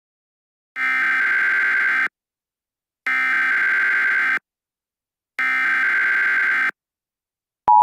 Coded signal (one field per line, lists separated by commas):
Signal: Emergency Alert System (SAME) tones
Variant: header bursts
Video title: EAS Scenario #3: Mickey Error